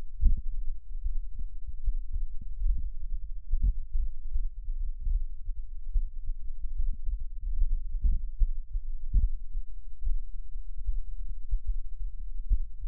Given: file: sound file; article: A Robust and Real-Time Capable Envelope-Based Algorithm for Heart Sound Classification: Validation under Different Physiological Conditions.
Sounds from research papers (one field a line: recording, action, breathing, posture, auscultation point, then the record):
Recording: heart sounds by electronic stethoscope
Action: rest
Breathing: normal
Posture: sitting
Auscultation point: sternum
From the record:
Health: healthy, no known heart disease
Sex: male